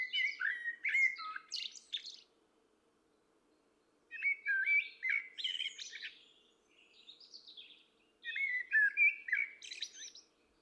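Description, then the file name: Common blackbird delivering three song phrases, each a quick jumble of fluty notes and chattering squeaks, separated by pauses. "Turdus merula"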